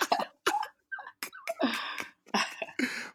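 Series of about five or six short, harsh coughing bursts, some voiced, from an adult woman with a cold.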